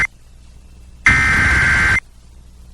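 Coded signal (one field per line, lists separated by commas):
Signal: Emergency Alert System (SAME) tones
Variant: header bursts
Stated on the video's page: Flash Flood Warning from NWS Spokane relayed by KCSY-FM Twisp, recorded from an online live stream.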